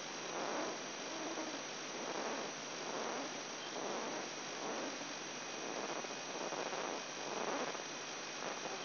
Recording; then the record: brain microelectrode recording played as sound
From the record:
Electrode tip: inside the subthalamic nucleus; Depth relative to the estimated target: 0 mm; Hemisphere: right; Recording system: AlphaMap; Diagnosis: Parkinson's disease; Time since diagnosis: 10 years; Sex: male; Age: 58 years